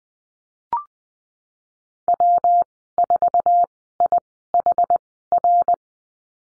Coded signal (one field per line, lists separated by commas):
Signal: Morse code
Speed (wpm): 20 wpm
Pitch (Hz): 700 Hz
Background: none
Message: W 4 I H R